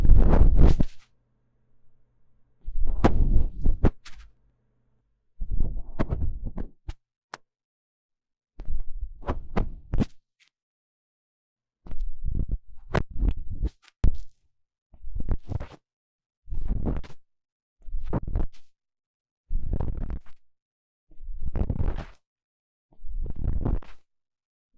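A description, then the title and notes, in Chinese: Deep ear cleaning on a microphone: short bursts of scratchy, rubbing sound, each about a second long, separated by near-silent gaps. There are roughly a dozen strokes, fairly regular and coming quicker in the second half, each with a muffled low thump and crisp crackles. 麥克風耳朵深度清潔。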